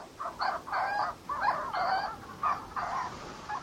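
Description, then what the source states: Prion calls: harsh cooing bursts repeated in an uneven rhythm. Prions filter seawater through comb-like bill edges to catch krill and small crustaceans; found in southern Atlantic and Pacific latitudes; all dig burrows for nests.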